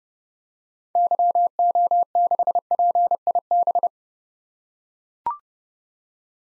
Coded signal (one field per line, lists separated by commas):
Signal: Morse code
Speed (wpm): 30 wpm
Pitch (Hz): 700 Hz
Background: none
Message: YO6PIB